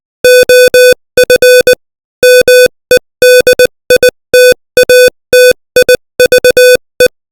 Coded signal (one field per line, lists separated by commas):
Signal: Morse code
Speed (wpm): 20 wpm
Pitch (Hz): 500 Hz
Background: music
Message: OF MEDITATIVE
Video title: Morse Code 20 WPM : Samadhi